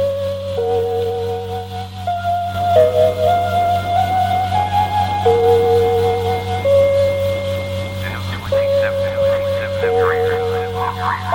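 Shortwave radio at night: a steady hum and hiss carry a wavering tone that steps between pitches every second or two, like an eerie drifting melody. Faint garbled voice-like chatter surfaces underneath, with brighter warbling bursts near the end.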